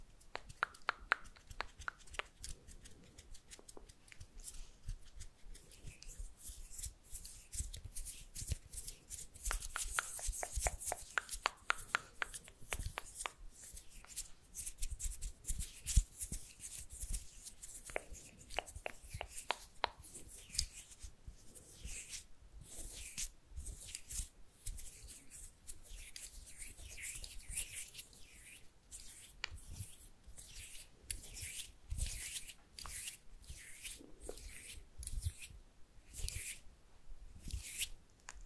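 Dry mouth sounds and soft kissing clicks mix with light hand movements. Sharp wet pops and smacks come in quick, irregular bursts throughout, thickest around the ten-second mark, with brief pauses between clusters and a faint low rustle underneath.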